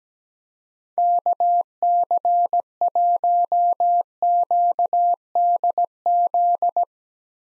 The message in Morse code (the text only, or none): KC1QDZ